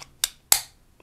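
A pistol magazine is inserted into the grip of a Beretta M1934 pistol, which has a heel magazine release on the bottom of the frame. A sharp click at 0.2 s precedes a louder, sharper click at 0.5 s, followed by a faint tick near 1.0 s. The magazine seats and locks into place at 0.5 s.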